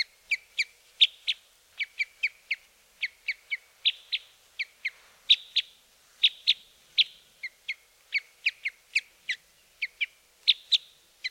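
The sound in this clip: Red crossbill calls: a rapid, uneven run of clipped, high chip notes, often in pairs or threes, continuing steadily for the whole stretch.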